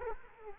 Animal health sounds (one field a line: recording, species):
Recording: mosquito wingbeat signal from an infrared sensor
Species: Culex quinquefasciatus